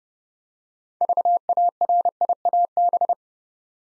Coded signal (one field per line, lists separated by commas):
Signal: Morse code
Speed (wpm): 30 wpm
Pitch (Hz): 700 Hz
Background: none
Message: VARIAB